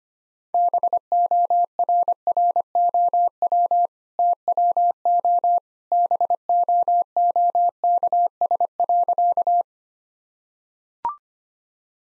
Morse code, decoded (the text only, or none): BORROW TWO BOOKS.